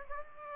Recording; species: mosquito wingbeat signal from an infrared sensor; Aedes aegypti